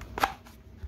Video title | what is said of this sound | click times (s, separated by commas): GoGunUSA Gas Pedal For Lefties Sig P320 ..... First Look | and it locks in place | 0.2 s